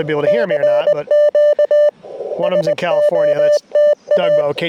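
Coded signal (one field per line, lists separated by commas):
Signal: Morse code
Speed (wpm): 20 wpm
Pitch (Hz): 590 Hz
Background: speech, radio noise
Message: CQ SOTA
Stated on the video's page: SOTA summit activation on a hike-up mountain; bands were very poor.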